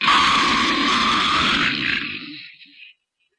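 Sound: imitated snoring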